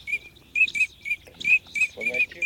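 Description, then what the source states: Eurasian teal whistled calls: a run of short, high, ringing notes, irregularly spaced and sometimes doubled, with faint lower chatter near the end. For use with an electronic hunting caller.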